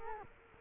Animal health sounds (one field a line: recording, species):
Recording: mosquito wingbeat signal from an infrared sensor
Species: Culex quinquefasciatus